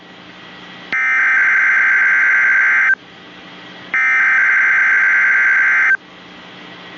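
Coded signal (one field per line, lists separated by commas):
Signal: Emergency Alert System (SAME) tones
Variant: header bursts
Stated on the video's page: Live stream.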